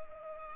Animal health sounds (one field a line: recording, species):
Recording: mosquito wingbeat signal from an infrared sensor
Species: Culex pipiens